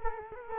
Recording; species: mosquito wingbeat signal from an infrared sensor; Culex quinquefasciatus